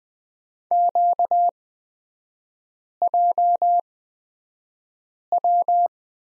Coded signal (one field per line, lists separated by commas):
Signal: Morse code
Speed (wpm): 20 wpm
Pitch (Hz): 700 Hz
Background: none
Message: QJW